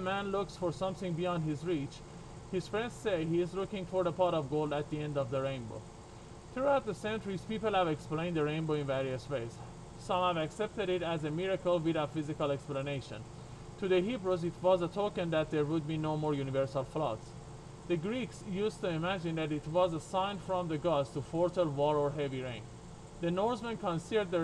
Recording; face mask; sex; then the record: reading aloud; surgical mask; male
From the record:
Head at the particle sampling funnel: turned sideways, cheek in front of it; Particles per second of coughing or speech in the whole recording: 0.0793